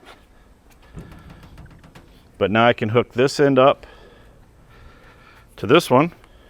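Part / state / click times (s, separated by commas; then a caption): magnetic charger lead connector into truck-side battery connector / not seated / none. A magnetic charger lead's connector end is handled and brought toward the truck-side battery connector, with faint handling rustles and small taps around 1.6 to 2.0 seconds. Someone talks in between. The connector has not clicked or seated yet by the end of the clip.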